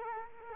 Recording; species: mosquito wingbeat signal from an infrared sensor; Culex quinquefasciatus